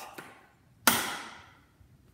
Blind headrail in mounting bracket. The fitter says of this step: push both flaps in, you hear a click, one side locked,